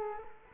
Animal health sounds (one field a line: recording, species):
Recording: mosquito wingbeat signal from an infrared sensor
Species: Culex quinquefasciatus